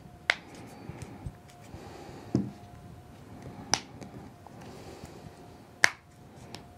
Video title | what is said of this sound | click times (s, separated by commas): Life Proof Fre case for iphone 5, 5s | as I lock it in place | 0.3 s, 3.7 s, 5.8 s